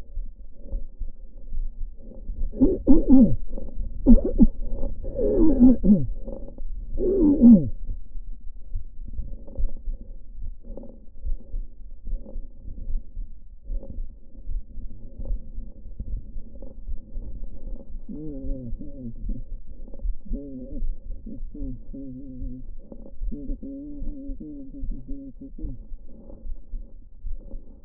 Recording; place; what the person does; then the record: lung sounds by stethoscope; right posterior basal chest; quiet breathing, then cough and speech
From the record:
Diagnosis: interstitial lung disease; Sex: male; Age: 72 years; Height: 167 cm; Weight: 74 kg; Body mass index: 26.5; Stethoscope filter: diaphragm mode